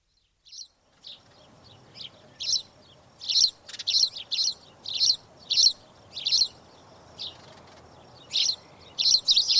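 Spanish sparrow giving a run of sharp chirps, sparse at first, then a quick cluster in the middle, a pause, and more chirps near the end.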